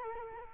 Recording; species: mosquito wingbeat signal from an infrared sensor; Culex quinquefasciatus